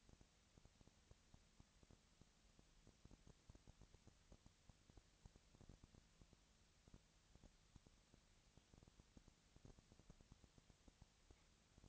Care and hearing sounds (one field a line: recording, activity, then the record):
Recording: daily activity, microphone in the room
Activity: no activity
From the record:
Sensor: 3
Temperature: 20.4 degrees Celsius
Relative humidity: 34.4%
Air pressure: 996.9 hPa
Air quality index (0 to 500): 205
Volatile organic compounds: 68 ppm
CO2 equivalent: 3498 ppm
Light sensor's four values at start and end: 2/3/2/2 and 2/3/2/2